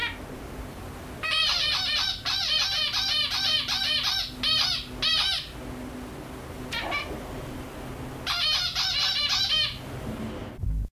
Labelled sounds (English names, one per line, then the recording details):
Zebra Finch alarm call
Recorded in captivity
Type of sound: alarm call
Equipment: Halbspur, 9,5 cm/s
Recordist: Lütgens, Hans
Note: Alarm, bei "Helga"